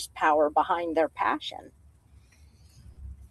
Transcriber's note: none